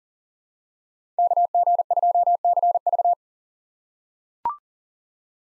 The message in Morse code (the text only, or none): KG2CV